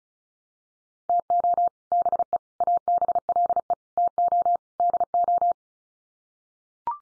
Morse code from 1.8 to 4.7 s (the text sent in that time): BE ABLE TO